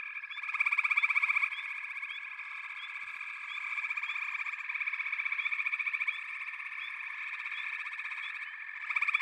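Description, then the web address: Frog chorus: continuous high trilling, with an intense pulsed burst early on and another rising at the very end. A chorus of frogs calling together. "The Natural Sounds of the Wilderness. Echoes of Nature - Frog Chorus"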